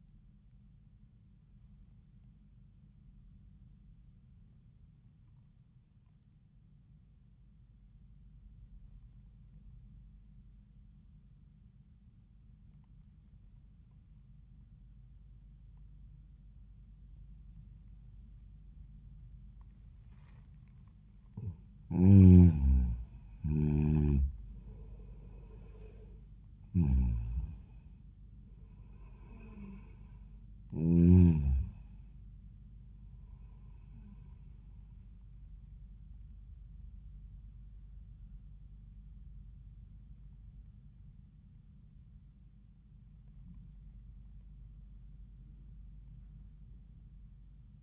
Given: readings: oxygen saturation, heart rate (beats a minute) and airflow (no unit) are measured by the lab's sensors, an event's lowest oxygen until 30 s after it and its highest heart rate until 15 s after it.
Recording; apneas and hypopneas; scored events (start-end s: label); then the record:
breathing in sleep by a smartphone at the bedside; 1
3.00-21.40 s: obstructive apnea (N1, oxygen 96% highest, then 85% lowest, heart rate 74 at the start, 83 highest)
From the record:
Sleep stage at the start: N1 (lightest sleep); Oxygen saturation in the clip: 85 to 96%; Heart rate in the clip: 72 to 83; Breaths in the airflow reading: 3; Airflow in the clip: -8.0 to 6.5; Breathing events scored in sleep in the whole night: 400 in 8.7 hours asleep